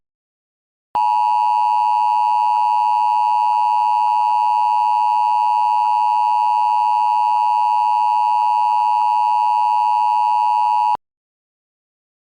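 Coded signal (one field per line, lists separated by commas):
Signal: Emergency Alert System (SAME) tones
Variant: 853 and 960 Hz attention tone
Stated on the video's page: Mock EAS all-clear alert, not a real broadcast.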